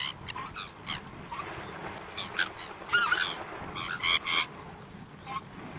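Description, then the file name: Sabine's gull uttering rasping calls, irregular and sometimes in quick pairs or runs, with steady background noise. "Canto da gaivota de sabine"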